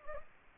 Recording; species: mosquito wingbeat signal from an infrared sensor; Anopheles gambiae